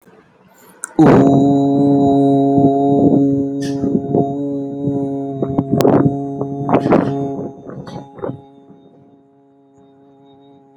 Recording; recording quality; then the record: sustained vowel as in boot; excellent, no background noise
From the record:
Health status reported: healthy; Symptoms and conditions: none ticked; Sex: male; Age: 23 years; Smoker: not ticked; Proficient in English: yes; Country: India